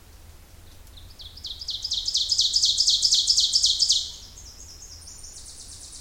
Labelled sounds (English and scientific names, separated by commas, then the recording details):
Ovenbird (Seiurus aurocapilla) song
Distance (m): 20 m
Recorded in boreal forest in Alberta, Canada, on 26 May 2016 at 08:16
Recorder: SongMeter 3, array SBT-3-15
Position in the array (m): 54 m, 223 m
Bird 20